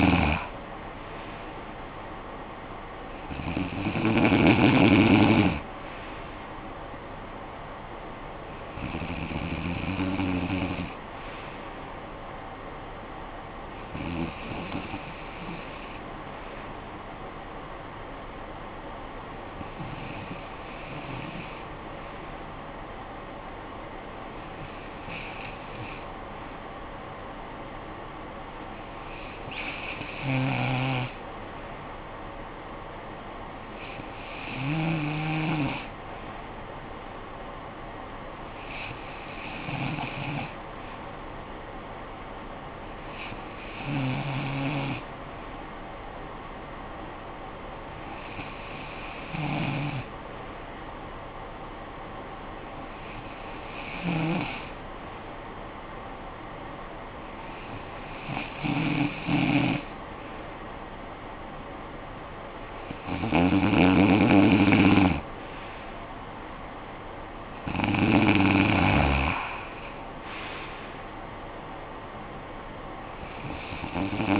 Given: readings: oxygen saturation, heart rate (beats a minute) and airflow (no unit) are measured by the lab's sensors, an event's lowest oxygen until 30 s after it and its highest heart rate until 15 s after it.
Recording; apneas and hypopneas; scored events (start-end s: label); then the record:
breathing in sleep by a voice recorder at the bedside; 1
32.00-62.90 s: hypopnea (REM, oxygen 95% highest, then 92% lowest, heart rate 52 at the start, 68 highest)
From the record:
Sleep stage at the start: REM sleep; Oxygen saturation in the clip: 92 to 95%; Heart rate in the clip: 49 to 68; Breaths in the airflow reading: 15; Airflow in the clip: -16.1 to 9.3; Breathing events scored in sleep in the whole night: 445 in 7.6 hours asleep